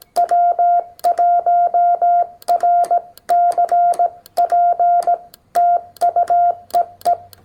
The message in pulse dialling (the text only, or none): none